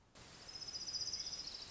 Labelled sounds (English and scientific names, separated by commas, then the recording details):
Orange-crowned Warbler (Leiothlypis celata)
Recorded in Sonoma County, California